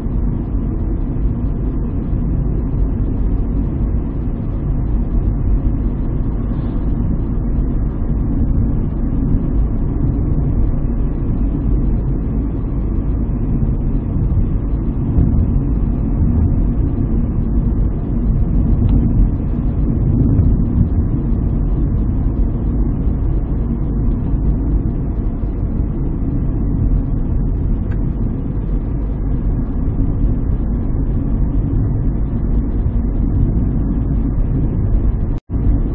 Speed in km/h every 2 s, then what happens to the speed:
56, 57, 58, 58, 59, 59, 59, 59, 59, 60, 60, 59, 56, 55, 56, 56, 57, 58.
0-36 steady at about 58.